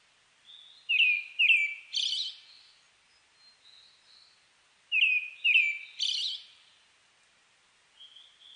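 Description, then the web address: Brown-headed thrush singing two matching phrases roughly four seconds apart, each two rolling whistled notes and a high, harsh trilled ending, with soft fainter notes in the pauses. Recorded 29 May 2004. "2004 040529 akahara"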